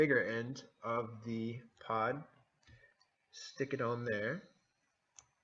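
Someone talks while handling the bigger end of a plastic refill pod against the rubber-coated body of an Envii FITT vaporizer, with a few faint ticks at about 2.7 s, 3.0 s and 5.2 s. The pod has not snapped onto the device yet; nothing has seated or clicked.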